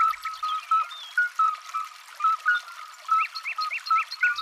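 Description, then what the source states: Midwife toads calling, many short pure flute-like notes repeated in a steady chorus. Many males singing to attract females by a stream near a farm, 20 April, 5 a.m.; each repeats its own fixed flute-like note every 2–3 seconds, together forming a concert.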